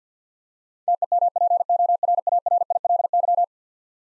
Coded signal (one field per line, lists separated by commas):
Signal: Morse code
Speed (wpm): 50 wpm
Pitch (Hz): 700 Hz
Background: none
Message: TEMPORARILY